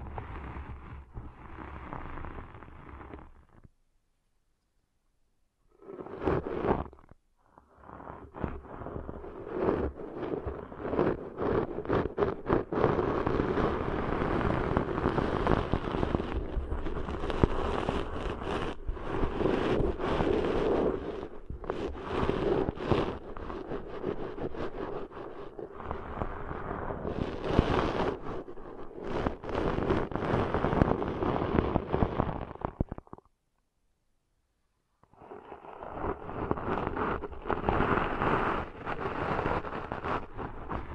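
Deep ear cleaning sounds fill most of the recording, a dense, crackling rustle of fast scratchy pops and scrapes over a low rumble. Silent gaps break it up around 4–6 seconds and again near 33–35 seconds, with brief bursts between.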